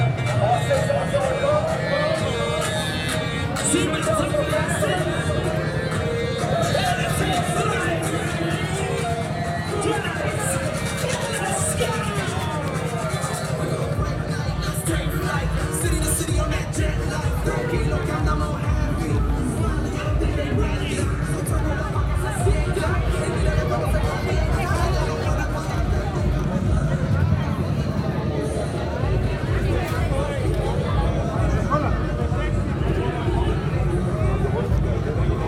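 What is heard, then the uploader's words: A walk through a street festival, with steady crowd chatter and overlapping voices throughout. A low, pulsing rhythm, likely music, runs underneath, growing more pronounced after about fifteen seconds. Scattered sharper sounds and occasional louder voices break through the constant busy din. Calle Ocho 2014 - Sounds from the Street. This is a soundscape recorded from walking through these street festivals.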